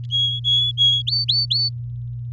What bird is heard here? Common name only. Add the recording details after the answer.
Domestic Canary. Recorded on 6 May 2018 at 08:57. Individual llb16